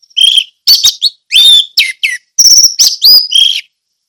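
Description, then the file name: Orange-headed thrush pouring out a continuous run of loud whistled, slurred and buzzy notes, changing pitch quickly over about three and a half seconds. Ngeplong song style. "anis merah ngeplong"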